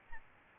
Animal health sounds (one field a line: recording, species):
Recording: mosquito wingbeat signal from an infrared sensor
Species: Aedes albopictus